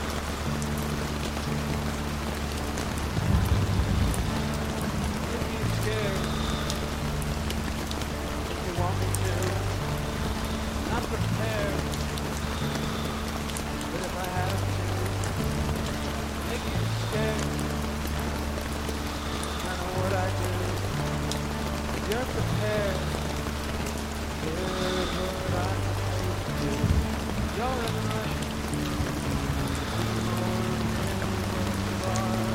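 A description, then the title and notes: Rain patters steadily and densely against the tent, with a low, shifting murmur like voices running underneath throughout. Relax and unwind as you settle in on a rainy autumn evening while camping. The gentle patter of rain against the tent you're curled up.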